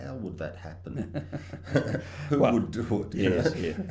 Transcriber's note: laughter